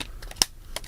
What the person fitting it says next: This will lock into place. You hear the little snaps.